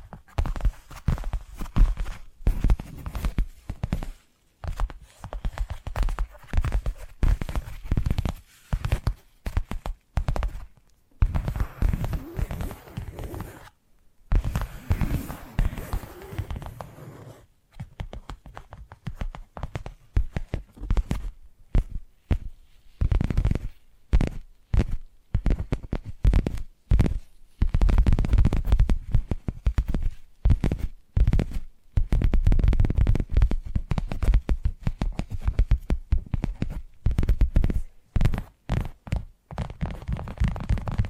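Dense tapping triggers run almost without pause, quick taps in busy clusters with a dull, thumpy low end and some scratchy texture. Brief gaps break the flow around 4, 11 and 14 seconds, and the tapping grows louder and denser after about 27 seconds.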